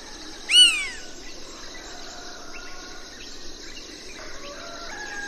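Banded woodpecker call: a single sharp, ringing note near the start, then faint chirps from other birds and a steady insect hum.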